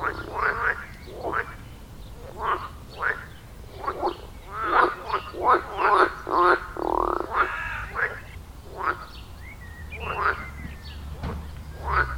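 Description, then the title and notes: Frog chorus of loud rasping croaks in irregular bursts, building to a busy overlapping stretch midway, then thinning out, with a faint chirp late on. Frogs at the village pond in Wohlsborn, Germany; recorded with a TASCAM DR-40X. "Wohlsborn, Deutschland - Froschkonzert. Frog concert. Froschkonzert am Dorfteich in Wohlsborn. Aufgenommen mit TASCAM DR-40X"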